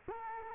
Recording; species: mosquito wingbeat signal from an infrared sensor; Culex quinquefasciatus